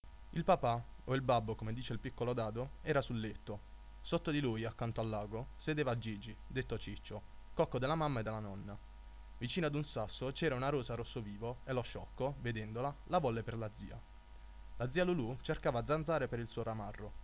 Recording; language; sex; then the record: read passage; Italian; male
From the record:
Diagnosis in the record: healthy control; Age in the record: 20 years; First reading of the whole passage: 41 s, 12.5 characters per second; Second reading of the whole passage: 40 s, 12.9 characters per second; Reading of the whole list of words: 46 s, 6.1 characters per second